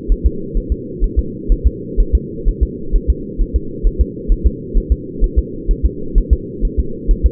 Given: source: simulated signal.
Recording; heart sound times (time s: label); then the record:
fetal heart sounds
0.12 s: S1
0.26 s: S2
0.57 s: S1
0.72 s: S2
1.04 s: S1
1.19 s: S2
1.52 s: S1
1.67 s: S2
2.00 s: S1
2.15 s: S2
2.48 s: S1
2.63 s: S2
2.95 s: S1
3.10 s: S2
3.41 s: S1
3.56 s: S2
3.87 s: S1
4.01 s: S2
4.32 s: S1
4.46 s: S2
4.77 s: S1
4.92 s: S2
5.24 s: S1
5.39 s: S2
5.71 s: S1
5.86 s: S2
6.18 s: S1
6.33 s: S2
6.65 s: S1
6.80 s: S2
7.11 s: S1
7.26 s: S2
From the record:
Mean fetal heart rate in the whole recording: 130 bpm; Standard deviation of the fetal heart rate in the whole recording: 4 bpm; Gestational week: 38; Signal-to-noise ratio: -4.3 dB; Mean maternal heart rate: 72 bpm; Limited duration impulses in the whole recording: absent